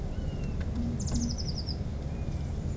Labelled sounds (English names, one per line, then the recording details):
Eurasian Blue Tit
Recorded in Germany
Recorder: ecoPi